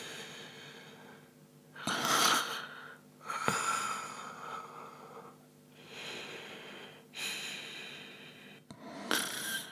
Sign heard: Sleeping Snoring Breathing.